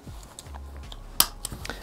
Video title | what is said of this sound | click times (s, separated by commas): New Mask Straps - Dive Brief - @simplyscuba | is lining it up with the the hole and then you just push it to until it clicks | 1.2 s